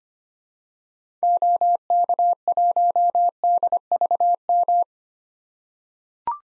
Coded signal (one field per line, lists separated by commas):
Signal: Morse code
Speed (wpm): 25 wpm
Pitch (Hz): 700 Hz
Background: none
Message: OK1DVM